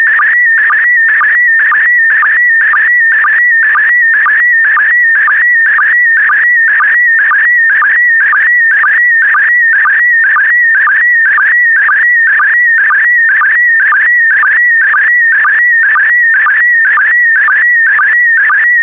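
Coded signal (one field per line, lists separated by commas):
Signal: SSTV (slow-scan television)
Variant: PD120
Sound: warbling tone shifting between pitches, with a short low sync blip about twice a second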